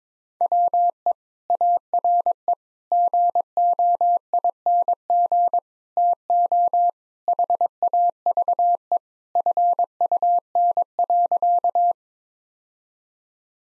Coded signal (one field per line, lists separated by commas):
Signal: Morse code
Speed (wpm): 22 wpm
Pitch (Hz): 700 Hz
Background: none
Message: WE ARE GOING TO HAVE FUN.